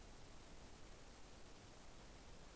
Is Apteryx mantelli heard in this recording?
no